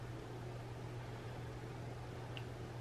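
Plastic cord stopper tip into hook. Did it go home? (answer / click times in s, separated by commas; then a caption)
no / none. The black plastic tip of a cord stopper is inserted into a hook and twisted a quarter turn, but it does not lock. A steady low hum runs throughout, with only a brief faint tick near 2.4 s, and nothing has clicked or seated yet.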